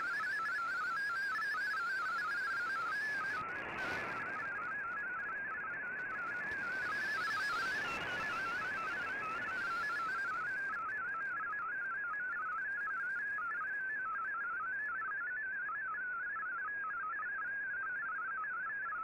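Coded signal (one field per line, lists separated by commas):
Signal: multi-tone FSK (Olivia or MFSK type)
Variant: MFSK32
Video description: Here is my decode of the Shortwave Radiogram broadcast today on 15770Khz shortwave radio at 1300UTC in MFSK32 and 64 with 10 SSTV images.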